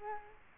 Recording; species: mosquito wingbeat signal from an infrared sensor; Culex quinquefasciatus